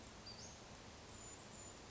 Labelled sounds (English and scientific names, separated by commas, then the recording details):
Western Flycatcher (Empidonax difficilis)
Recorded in Sonoma County, California